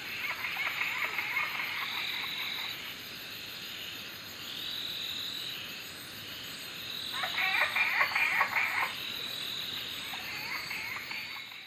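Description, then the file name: Laughing tree frog chorus: two bursts of quick, chattering pulsed notes, the second louder, with a fainter burst at the end, over a constant high-pitched drone. Several laughing tree frogs recorded at night, 21:05, on 5 November 2013 in the Daintree. "21 h 05 m 52 s 05 nov 2013 Daintree Laughing tree frogs"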